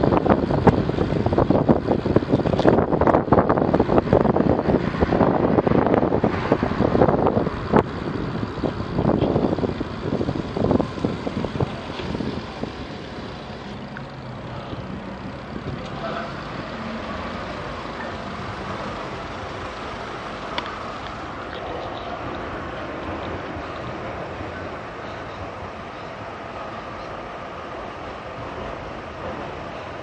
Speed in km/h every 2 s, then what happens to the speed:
27, 27, 25, 22, 18, 11, 12, 8, 5, 3, 0, 0, 0, 0, 0.
0-10 slows to 11. 13-19 slows to 0. 19-30 standing.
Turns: 13-17.